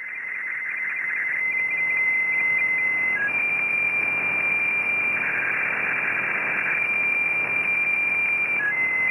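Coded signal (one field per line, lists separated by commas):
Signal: weather fax (radiofax)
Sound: steady high whistle shifting up in pitch, brief low dip, with hiss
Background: radio static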